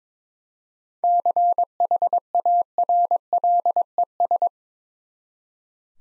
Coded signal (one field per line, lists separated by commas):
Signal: Morse code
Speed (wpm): 22 wpm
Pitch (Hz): 700 Hz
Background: none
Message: CHARLES